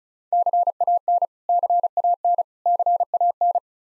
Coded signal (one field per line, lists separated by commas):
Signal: Morse code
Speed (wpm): 36 wpm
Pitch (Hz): 700 Hz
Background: none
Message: CAN CAN CAN